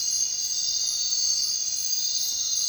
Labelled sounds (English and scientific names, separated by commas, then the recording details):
none
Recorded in secondary vegetation near Puerto Asís, Putumayo, Colombia, on 23 June 2025 at 00:00
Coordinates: 0.499, -76.323
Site G077